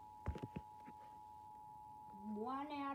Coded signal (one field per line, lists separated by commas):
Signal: Emergency Alert System (SAME) tones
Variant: 853 and 960 Hz attention tone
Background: speech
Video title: All the countries I know around the world EAS alarms